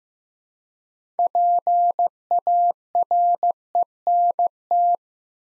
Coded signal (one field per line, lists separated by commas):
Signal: Morse code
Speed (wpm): 15 wpm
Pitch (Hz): 700 Hz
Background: none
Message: PARENT